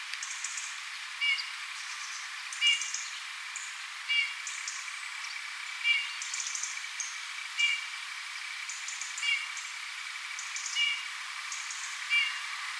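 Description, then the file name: Eurasian bullfinch giving soft, short piping calls about every one and a half seconds, with faint higher chirps. "Pyrrhula pyrrhula"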